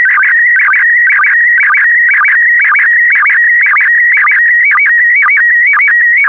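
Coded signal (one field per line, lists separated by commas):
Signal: SSTV (slow-scan television)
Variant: PD120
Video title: (11 of 12) ARISS 20 Years - Series 7 July 2017 - Retransmission SSTV PD120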